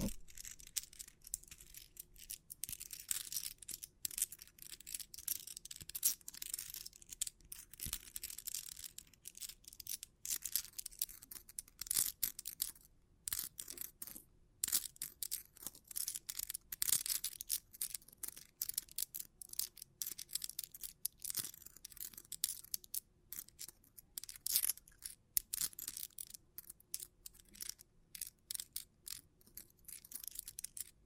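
Bling triggers make dense, bright crinkling and crackling sounds in rapid bursts, nearly continuous for the whole stretch, with brief gaps and occasional sharper taps.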